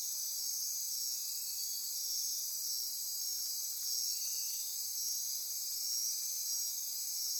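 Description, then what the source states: Insect chorus, a dense continuous high-pitched shimmering buzz, steady throughout. Insect chorus at midnight near Corcovado.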